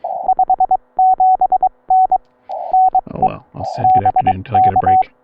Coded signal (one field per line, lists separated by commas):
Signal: Morse code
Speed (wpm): 19 wpm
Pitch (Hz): 750 Hz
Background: speech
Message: 57N NE BK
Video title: Pt 1: CW POTA Activation from Victoria Springs SRA in central Nebraska. Ham Radio & Morse Code fun!